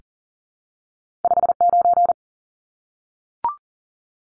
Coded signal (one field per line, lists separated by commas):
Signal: Morse code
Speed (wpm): 40 wpm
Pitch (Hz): 700 Hz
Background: none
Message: 59